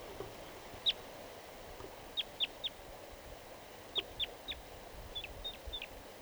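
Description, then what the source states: Crossbill flight calls, short sharp high 'kip' notes given singly or in threes, repeated irregularly over faint steady background hiss. Wild crossbill giving flight calls near a mist net, in a tree by a creek.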